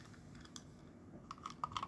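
A small plastic collectible toy tile from a LEGO VIDIYO set is handled against its plastic storage case. Short, sharp plastic clicks and taps land around 1.5, 1.6 and 1.8 seconds over a faint background. The tile is being pressed toward the case but has not seated yet.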